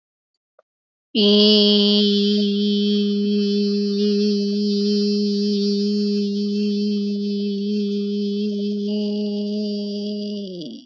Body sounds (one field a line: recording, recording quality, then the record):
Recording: sustained vowel as in beet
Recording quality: excellent, no background noise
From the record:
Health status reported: healthy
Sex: female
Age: 45 years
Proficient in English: yes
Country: India